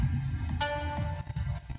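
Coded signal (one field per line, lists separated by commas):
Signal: none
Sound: car stereo beeps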